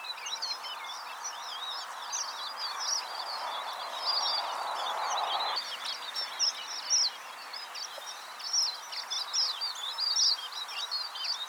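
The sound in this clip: Red avadavat twittering song, high squeaky chirps tumbling continuously.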